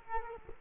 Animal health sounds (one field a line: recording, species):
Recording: mosquito wingbeat signal from an infrared sensor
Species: Culex quinquefasciatus